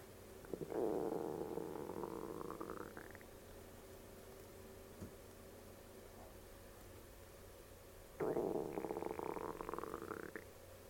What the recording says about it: That's the sound of my stomach talking at 11:35. I drank my coffee-est Soylent at about 8:30. My stomach never talks like this. So I feel fine.